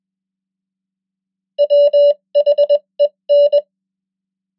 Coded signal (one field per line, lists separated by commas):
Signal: Morse code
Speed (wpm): 21 wpm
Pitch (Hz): 580 Hz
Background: none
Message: WHEN